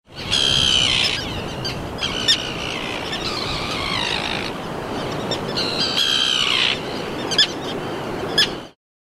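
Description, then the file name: Common tern calls: harsh, grating, downward-slurred cries, one early and one later, with short sharp notes between, all under heavy rushing wind-like noise. Recorded on a mobile phone. "Telemovel Garajau Comum"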